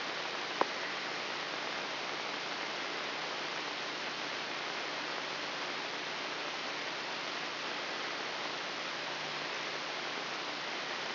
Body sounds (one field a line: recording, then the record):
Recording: brain microelectrode recording played as sound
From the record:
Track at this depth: inside the subthalamic nucleus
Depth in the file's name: 4.107 mm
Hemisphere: left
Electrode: 3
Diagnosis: Parkinson's disease